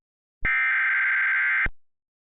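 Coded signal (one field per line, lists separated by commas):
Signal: Emergency Alert System (SAME) tones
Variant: header bursts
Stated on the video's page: Mock Tornado Warning alert, not a real broadcast.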